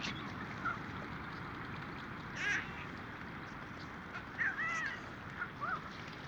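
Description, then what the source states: Mediterranean gull giving a few faint, short nasal calls scattered throughout over a constant low background rumble. Recording features calls of first-winter and adult birds.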